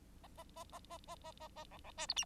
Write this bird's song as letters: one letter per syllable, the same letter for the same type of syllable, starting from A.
A A A A A A A A A B B C D E